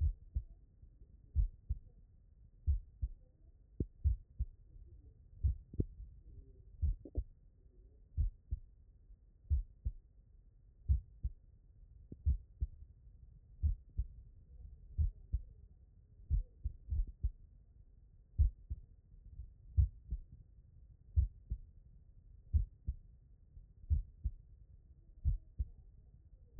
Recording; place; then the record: heart sounds by stethoscope; tricuspid valve (TV)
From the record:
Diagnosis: non-HFrEF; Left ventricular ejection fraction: 72%